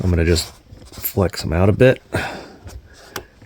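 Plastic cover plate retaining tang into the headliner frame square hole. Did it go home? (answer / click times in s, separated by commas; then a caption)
yes / 3.2 s. On a Nissan Murano being worked on for a leaking sunroof, someone talks while flexing the tabs of the plastic cover plate near the sunroof out a bit, then pushes the plate in so its peg sits in the square hole of the headliner frame. A sharp snap at 3.2 s marks the retaining tang clicking into place, and the cover plate is seated.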